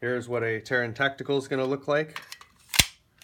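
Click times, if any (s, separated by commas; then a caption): 2.8 s. Someone talks, then a pistol magazine with a Terran Tactical aftermarket base pad extension is pushed up through a brass Speed Shooter Specialties magwell into a Smith and Wesson M&P pistol grip. It seats with a sharp, loud hit at 2.8 s, followed by a faint tick at 3.2 s.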